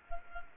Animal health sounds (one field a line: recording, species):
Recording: mosquito wingbeat signal from an infrared sensor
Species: Culex quinquefasciatus